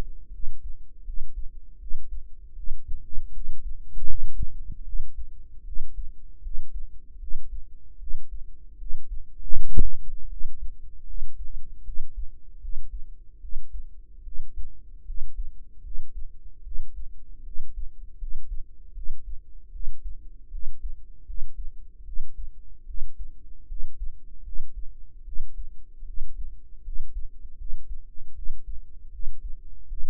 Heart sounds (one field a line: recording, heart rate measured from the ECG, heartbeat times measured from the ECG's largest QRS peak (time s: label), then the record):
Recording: heart sounds by microphone in the right ear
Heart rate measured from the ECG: 77 bpm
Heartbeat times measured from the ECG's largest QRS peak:
0.30 s: heartbeat
1.03 s: heartbeat
1.78 s: heartbeat
2.54 s: heartbeat
3.31 s: heartbeat
4.05 s: heartbeat
4.83 s: heartbeat
5.63 s: heartbeat
6.41 s: heartbeat
7.18 s: heartbeat
7.97 s: heartbeat
8.77 s: heartbeat
9.51 s: heartbeat
10.28 s: heartbeat
11.05 s: heartbeat
11.83 s: heartbeat
12.59 s: heartbeat
13.39 s: heartbeat
14.22 s: heartbeat
15.04 s: heartbeat
15.81 s: heartbeat
16.62 s: heartbeat
17.42 s: heartbeat
18.17 s: heartbeat
18.92 s: heartbeat
19.70 s: heartbeat
20.49 s: heartbeat
21.24 s: heartbeat
22.03 s: heartbeat
22.84 s: heartbeat
23.66 s: heartbeat
24.42 s: heartbeat
25.23 s: heartbeat
26.04 s: heartbeat
26.82 s: heartbeat
27.56 s: heartbeat
28.33 s: heartbeat
29.10 s: heartbeat
29.86 s: heartbeat
From the record:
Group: healthy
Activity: rest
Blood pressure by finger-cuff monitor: 91/53 mmHg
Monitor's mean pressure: 66 mmHg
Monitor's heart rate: 77 bpm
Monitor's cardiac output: 7 L/min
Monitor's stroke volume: 92 mL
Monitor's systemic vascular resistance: 660 dyn s/cm5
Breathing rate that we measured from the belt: 21 breaths a minute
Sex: female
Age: 19 years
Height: 163 cm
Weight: 48.9 kg